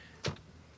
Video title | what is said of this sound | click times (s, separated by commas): 벤츠 마이바흐 GLS 600 시승기! 최초로 적용된 마이바흐 주행 모드가 당황스러운 이유? | There's a nice click between | 0.2 s